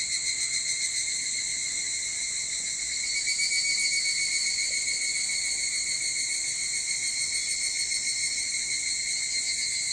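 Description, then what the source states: Evening cicada chorus, a steady shimmering high drone with pulsing bands, continuous throughout with a slight swell in loudness. Recorded 22 July 2023 at 04:40.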